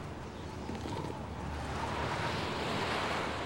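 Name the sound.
strong howling wind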